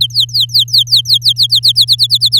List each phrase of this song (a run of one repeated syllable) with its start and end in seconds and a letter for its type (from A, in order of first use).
0.01-1.85 A, 1.87-2.40 B